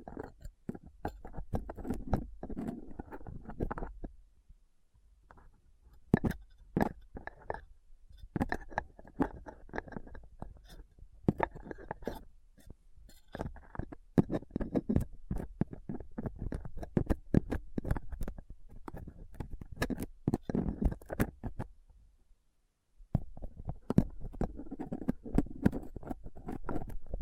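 A microphone is scraped and picked with a dental pick, tweezers and a cotton swab, making dense scratchy clicks and rough rubbing with a low rumble underneath. The taps come fast and irregular, pausing briefly near 4 seconds and again around 22 seconds.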